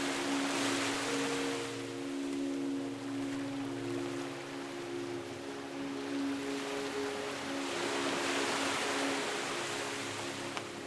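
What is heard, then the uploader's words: Ocean waves wash in and out, a hissing surge that swells in the first two seconds, eases through the middle, and rises again around eight to ten seconds. Beneath the surf runs a steady, low humming drone of sustained tones. Calming Music with Ocean Sounds. Ocean waves coming in and out from shore.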